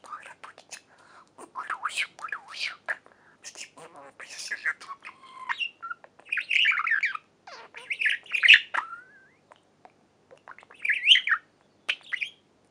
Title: Budgie Sounds